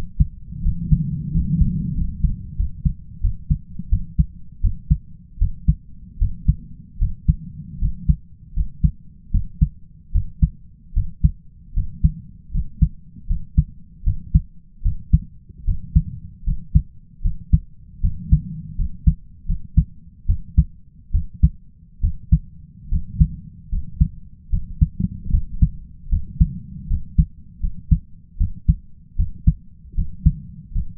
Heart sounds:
heart sounds by stethoscope; 78 bpm
0.62 s: heartbeat
1.31 s: heartbeat
1.94 s: heartbeat
2.56 s: heartbeat
3.21 s: heartbeat
3.89 s: heartbeat
4.61 s: heartbeat
5.38 s: heartbeat
6.18 s: heartbeat
6.98 s: heartbeat
7.79 s: heartbeat
8.54 s: heartbeat
9.31 s: heartbeat
10.12 s: heartbeat
10.93 s: heartbeat
11.73 s: heartbeat
12.51 s: heartbeat
13.27 s: heartbeat
14.04 s: heartbeat
14.82 s: heartbeat
15.65 s: heartbeat
16.44 s: heartbeat
17.22 s: heartbeat
18.01 s: heartbeat
18.76 s: heartbeat
19.46 s: heartbeat
20.26 s: heartbeat
21.11 s: heartbeat
22.01 s: heartbeat
22.89 s: heartbeat
23.69 s: heartbeat
24.50 s: heartbeat
25.30 s: heartbeat
26.09 s: heartbeat
26.87 s: heartbeat
27.60 s: heartbeat
28.37 s: heartbeat
29.16 s: heartbeat
29.95 s: heartbeat
30.72 s: heartbeat
From the record:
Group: healthy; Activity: rest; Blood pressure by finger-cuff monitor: 108/61 mmHg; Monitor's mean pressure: 72 mmHg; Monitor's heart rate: 77 bpm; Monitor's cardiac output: 5.6 L/min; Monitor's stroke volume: 73 mL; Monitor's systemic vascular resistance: 930 dyn s/cm5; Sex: male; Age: 20 years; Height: 167 cm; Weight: 61 kg

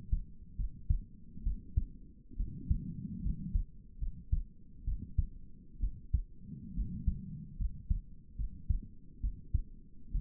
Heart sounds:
heart sounds by stethoscope; 69 bpm
0.57 s: heartbeat
1.44 s: heartbeat
2.38 s: heartbeat
3.23 s: heartbeat
4.00 s: heartbeat
4.86 s: heartbeat
5.81 s: heartbeat
6.75 s: heartbeat
7.58 s: heartbeat
8.37 s: heartbeat
9.22 s: heartbeat
10.13 s: heartbeat
From the record:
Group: healthy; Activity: rest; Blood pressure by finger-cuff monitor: 140/65 mmHg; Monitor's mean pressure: 87 mmHg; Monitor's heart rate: 70 bpm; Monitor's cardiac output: 7.3 L/min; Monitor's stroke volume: 104 mL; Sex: female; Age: 22 years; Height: 160 cm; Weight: 63 kg

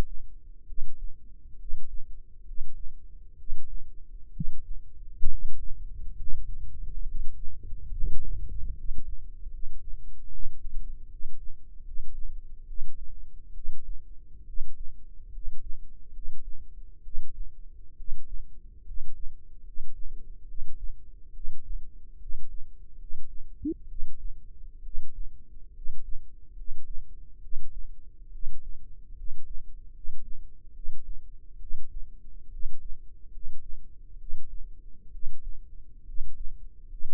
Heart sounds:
heart sounds by microphone in the left ear; 70 bpm
0.63 s: heartbeat
1.55 s: heartbeat
2.42 s: heartbeat
3.34 s: heartbeat
4.29 s: heartbeat
5.26 s: heartbeat
6.13 s: heartbeat
7.02 s: heartbeat
7.91 s: heartbeat
8.71 s: heartbeat
9.47 s: heartbeat
10.27 s: heartbeat
11.05 s: heartbeat
11.80 s: heartbeat
12.63 s: heartbeat
13.50 s: heartbeat
14.42 s: heartbeat
15.28 s: heartbeat
16.09 s: heartbeat
17.00 s: heartbeat
17.93 s: heartbeat
18.81 s: heartbeat
19.60 s: heartbeat
20.43 s: heartbeat
21.30 s: heartbeat
22.16 s: heartbeat
22.95 s: heartbeat
23.84 s: heartbeat
24.80 s: heartbeat
25.70 s: heartbeat
26.52 s: heartbeat
27.38 s: heartbeat
28.28 s: heartbeat
29.12 s: heartbeat
29.89 s: heartbeat
30.70 s: heartbeat
31.56 s: heartbeat
32.47 s: heartbeat
33.28 s: heartbeat
34.15 s: heartbeat
35.08 s: heartbeat
36.02 s: heartbeat
36.85 s: heartbeat
From the record:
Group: healthy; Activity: rest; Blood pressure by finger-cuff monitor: 101/54 mmHg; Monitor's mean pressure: 63 mmHg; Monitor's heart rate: 68 bpm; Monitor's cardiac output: 7.6 L/min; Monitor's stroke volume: 109 mL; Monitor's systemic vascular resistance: 590 dyn s/cm5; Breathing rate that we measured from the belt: 16 breaths a minute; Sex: male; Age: 22 years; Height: 185 cm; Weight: 112.4 kg

